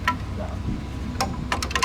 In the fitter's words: there's the click it'll go to the opposite side of that one